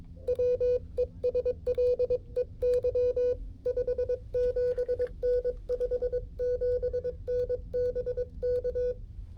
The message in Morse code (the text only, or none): WESLEY 57N 57N BK